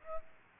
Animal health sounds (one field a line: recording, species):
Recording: mosquito wingbeat signal from an infrared sensor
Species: Aedes albopictus